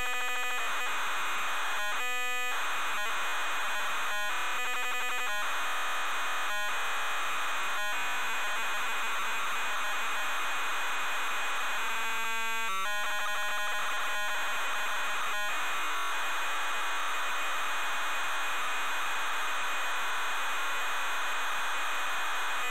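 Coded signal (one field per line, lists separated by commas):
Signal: ZX Spectrum tape loading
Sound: harsh buzzing data screech with rapid stuttering harmonic bursts and raspy tones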